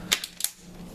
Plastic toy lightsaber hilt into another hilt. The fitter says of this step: click that into place and you can kind of have like your own little unique lightsaber hilt